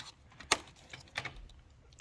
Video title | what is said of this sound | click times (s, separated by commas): 08 Mazzerati Gran Turismo alternator replacement | make sure nothing's interfering and they make a good positive click | 0.5 s